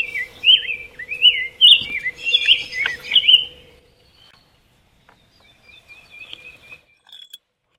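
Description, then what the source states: Grosbeak song: a sweet, fluid run of short rising and falling whistled notes lasting about three and a half seconds, followed by softer thin notes; a low hum runs underneath. Recorded 12 May 2010.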